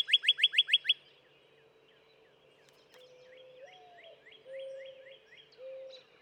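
Northern cardinal song: a quick burst of six loud slurred whistles, then faint repeated notes and a few low, steady whistled tones.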